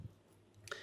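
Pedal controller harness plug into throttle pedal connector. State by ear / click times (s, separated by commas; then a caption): seated / 0.7 s. A pedal controller harness plug is matched to the throttle pedal connector of an Ineos Grenadier Quartermaster, curved side to curved side and flat side to flat side, then pressed in. After a soft thump at the start and a quiet stretch, a sharp snap at 0.7 s shows the connector has seated.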